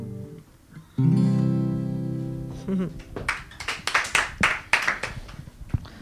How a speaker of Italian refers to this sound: Bene, la degna conclusione è un applauso